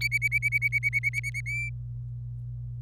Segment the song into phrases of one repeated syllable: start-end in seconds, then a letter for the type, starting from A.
0.01-1.41 A, 1.46-1.69 B